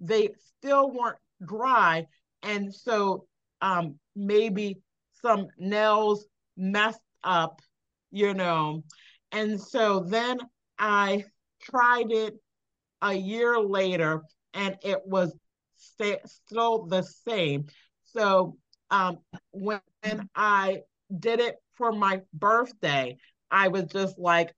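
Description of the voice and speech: An adult woman, a stroke survivor with aphasia, speaks in short, halting phrases broken by frequent pauses, repeated 'um' fillers and a brief false start, though her story stays coherent. This non-fluent, effortful flow with frequent fillers and hesitations fits non-fluent aphasia after stroke, with pauses reflecting word-finding difficulty.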